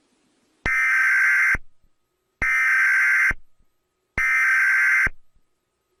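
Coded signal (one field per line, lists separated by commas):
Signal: Emergency Alert System (SAME) tones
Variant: header bursts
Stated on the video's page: Collection of EAS alarms.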